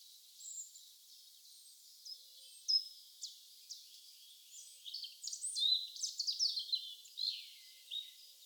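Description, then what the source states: Birds giving scattered high chirps and sharp ticking notes, growing busier toward the end, over faint hiss. Birdsong atmosphere.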